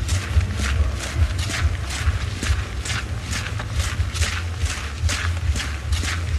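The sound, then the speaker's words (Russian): Steady, brisk footsteps of a man walking without slowing up to the doors of a restaurant entrance, about a dozen evenly spaced crisp steps, over a continuous low rumbling hum. No one speaks. “Дима, не сбавляя шага, идет к дверям, толкает лысого мужчину.”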